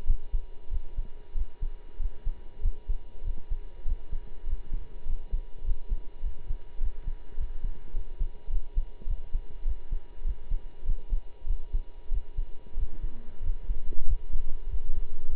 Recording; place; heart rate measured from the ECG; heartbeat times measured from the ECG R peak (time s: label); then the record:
heart sounds by stethoscope; between the tricuspid and mitral areas; 98 bpm
0.05 s: heartbeat
0.69 s: heartbeat
1.33 s: heartbeat
1.98 s: heartbeat
2.61 s: heartbeat
3.23 s: heartbeat
3.84 s: heartbeat
4.45 s: heartbeat
5.05 s: heartbeat
5.63 s: heartbeat
6.22 s: heartbeat
6.79 s: heartbeat
7.36 s: heartbeat
7.93 s: heartbeat
8.49 s: heartbeat
9.06 s: heartbeat
9.64 s: heartbeat
10.23 s: heartbeat
10.84 s: heartbeat
11.46 s: heartbeat
12.10 s: heartbeat
12.75 s: heartbeat
13.42 s: heartbeat
14.05 s: heartbeat
14.68 s: heartbeat
15.29 s: heartbeat
From the record:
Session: pedaling a stationary bicycle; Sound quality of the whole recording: partially saturated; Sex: male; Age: 23 years